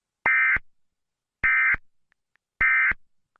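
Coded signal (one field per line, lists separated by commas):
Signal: Emergency Alert System (SAME) tones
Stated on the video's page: Simulated tornado EAS scenario.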